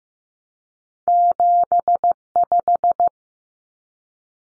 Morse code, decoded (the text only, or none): 75